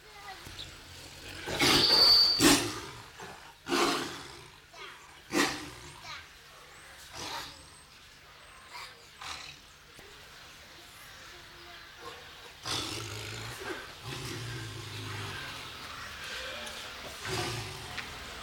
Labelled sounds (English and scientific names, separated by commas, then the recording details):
Tiger (Panthera tigris)
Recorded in captivity
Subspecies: sumatrae
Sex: female
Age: adult
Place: Zoo Berlin, Berlin, DE
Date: 1993-10-16 11:58
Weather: heiter, 6-10 °C
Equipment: Marantz CP 430, Sennheiser MKH 416 T, Kopie Uher Variocord 263
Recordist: Tembrock, Günter